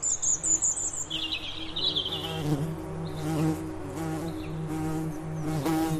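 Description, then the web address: Bee buzzing, a steady low hum with harmonic bands that swells and fades as insects pass, while birds chirp and twitter at high pitch in the background. Bees humming in a flower meadow. "blumenwiese bienen summen"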